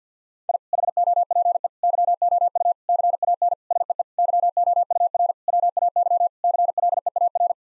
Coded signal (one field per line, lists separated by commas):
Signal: Morse code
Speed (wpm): 50 wpm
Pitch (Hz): 700 Hz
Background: none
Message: I HOPE YOU CAN SEE YOUR WAY CLEAR